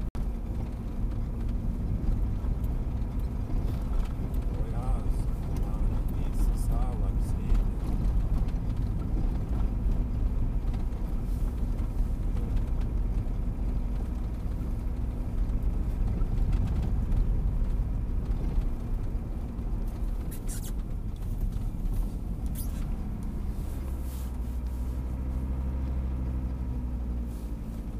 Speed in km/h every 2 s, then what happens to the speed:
30, 33, 33, 33, 32, 32, 31, 31, 32, 30, 27, 23, 19, 16.
0-16 steady at about 32. 16-28 slows to 16.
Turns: none.